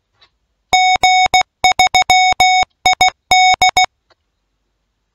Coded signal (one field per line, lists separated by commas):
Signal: Morse code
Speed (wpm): 16 wpm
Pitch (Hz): 740 Hz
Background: none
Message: G3ID